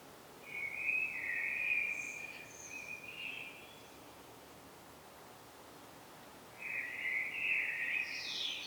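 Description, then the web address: Common blackbird song, two fluted warbling phrases separated by a pause, the second finishing with a thin rising high squeak. "pub SETE data Turdus merula"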